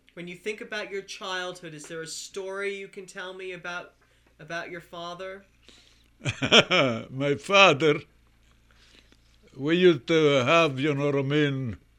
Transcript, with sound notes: When you think about your childhood, is there a story you can tell me about your father?
(laughs) My father, we used to have, you know what I mean,